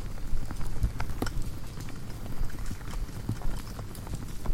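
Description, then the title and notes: Insects around a bulb: scattered, irregular taps and knocks over a low droning hum. Hundreds of insects frantically congregating at night around a lone porch bulb, wildlife ranch at Mmabolela, South African savannah; November 2016; mix of six mics including miniature omnis. "Hundreds of Bugs. One Lightbulb. a bulb hanging on the porch of a wildlife ranch in South Africa. Angélica Castelló"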